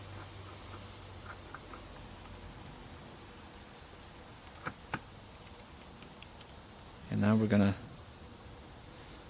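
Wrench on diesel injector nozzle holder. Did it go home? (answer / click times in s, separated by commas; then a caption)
no / none. A wrench is placed gently over the diesel injector nozzle holder of a 1993 Mercedes-Benz W140, held in a vise, and lined up before torquing. Light metal handling ticks are heard from about 4.5 to 6.2 seconds, then someone talks briefly near the end. Nothing has clicked yet.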